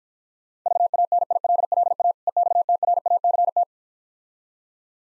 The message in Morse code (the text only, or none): VANILLA EXTRACT